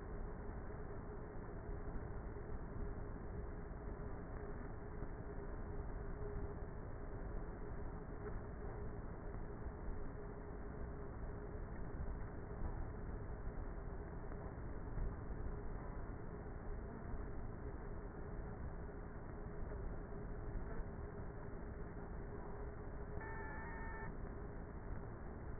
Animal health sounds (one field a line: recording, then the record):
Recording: honeybee colony, microphone inside the hive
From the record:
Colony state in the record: queenless with a low population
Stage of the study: before two queens were removed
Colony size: about 30,000 bees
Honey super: no